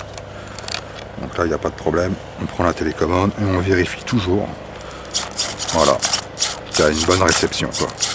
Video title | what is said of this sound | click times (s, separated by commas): TLR 8ight x elite premier démarrage du moteur ARGUS K3 | c'est un système voilà directement que je branche comme ça c'est bien clip c'est donc | 0.7 s